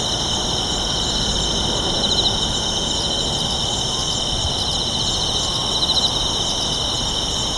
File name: Japan Kashiwa Town Night Bugs and Ambience